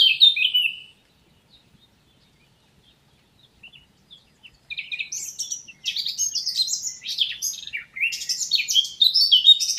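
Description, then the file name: Eurasian blackcap song: a short warbled phrase, a pause with a few faint notes, then a long, loud, tumbling warble of high chirps and fluty slurs. "Sylvia atricapilla"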